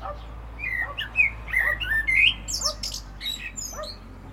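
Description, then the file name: Common blackbird singing a mellow whistled phrase that breaks into thin, high, scratchy twitters, with a constant low hum underneath. "Turdus merula"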